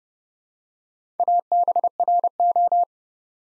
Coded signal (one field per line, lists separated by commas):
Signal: Morse code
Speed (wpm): 29 wpm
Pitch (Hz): 700 Hz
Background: none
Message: ABRO